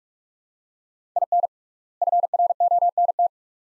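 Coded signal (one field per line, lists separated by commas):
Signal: Morse code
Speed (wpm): 42 wpm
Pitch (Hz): 700 Hz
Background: none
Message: IN FRONT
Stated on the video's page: Morse practice drill at 45 wpm, sets of two words with 3x word spacing, a word-based method analogous to Farnsworth.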